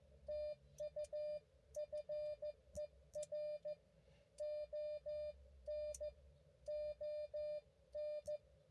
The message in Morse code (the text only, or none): TU FER ON ON